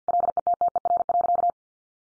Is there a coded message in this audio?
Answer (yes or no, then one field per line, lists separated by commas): yes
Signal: Morse code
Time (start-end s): 0.1-1.5 s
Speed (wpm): 50 wpm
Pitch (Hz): 700 Hz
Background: none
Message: LETTER.